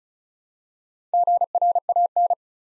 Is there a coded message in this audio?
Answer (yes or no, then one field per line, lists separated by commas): yes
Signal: Morse code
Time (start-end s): 1.1-2.3 s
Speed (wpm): 36 wpm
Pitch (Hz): 700 Hz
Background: none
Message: GRAN